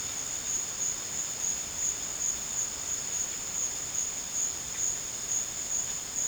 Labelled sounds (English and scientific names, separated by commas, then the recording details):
none
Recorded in dense forest near Puerto Asís, Putumayo, Colombia, on 8 March 2025 at 14:30
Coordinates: 0.486, -76.317
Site G053